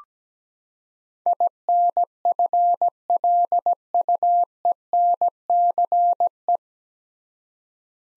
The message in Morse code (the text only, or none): INFLUENCE